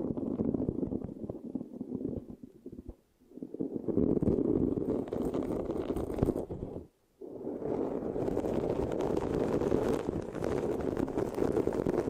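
Scratching and sticky rubbing on a microphone, a dense low rumbling rasp that fills most of the time. The texture thickens and brightens after about eight seconds. Two brief silent gaps break it, near three seconds and again around seven.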